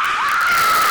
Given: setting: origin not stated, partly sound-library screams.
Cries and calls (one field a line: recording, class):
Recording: one-second piece from a danger detection set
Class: woman in danger